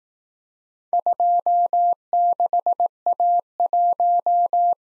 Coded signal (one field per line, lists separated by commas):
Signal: Morse code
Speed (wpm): 18 wpm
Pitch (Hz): 700 Hz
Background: none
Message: 26A1